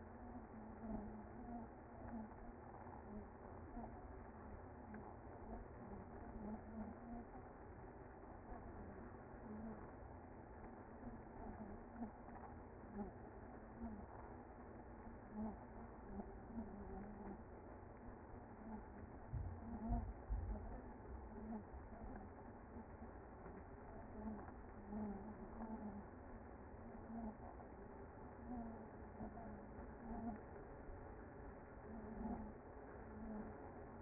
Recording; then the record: honeybee colony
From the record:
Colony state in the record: active